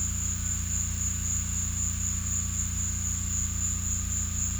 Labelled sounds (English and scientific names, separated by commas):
none